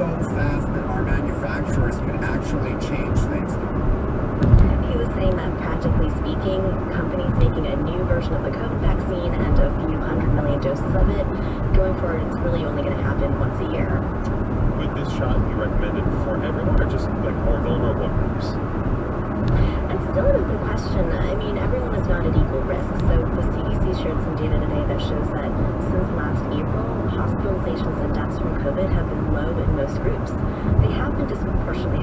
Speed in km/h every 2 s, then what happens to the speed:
95, 95, 93, 90, 89, 89, 89, 90, 92, 92, 93, 92, 90, 89, 87, 87.
0-8 slows to 89. 8-32 steady at about 89.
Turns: none.